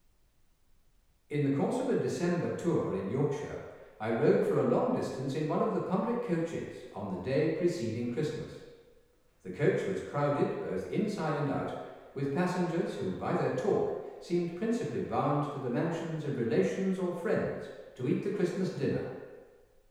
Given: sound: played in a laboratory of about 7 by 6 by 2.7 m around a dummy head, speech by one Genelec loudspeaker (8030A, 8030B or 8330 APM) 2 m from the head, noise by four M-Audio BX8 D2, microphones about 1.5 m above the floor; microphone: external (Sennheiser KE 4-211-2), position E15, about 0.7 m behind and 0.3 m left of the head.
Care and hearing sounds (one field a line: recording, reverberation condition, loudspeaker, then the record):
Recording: male speech in English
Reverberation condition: high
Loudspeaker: 30 degrees to the left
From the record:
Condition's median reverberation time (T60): about 1300 ms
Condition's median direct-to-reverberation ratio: about -4.0 dB